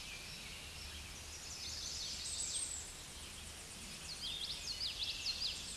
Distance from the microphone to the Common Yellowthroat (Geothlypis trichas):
about 20 m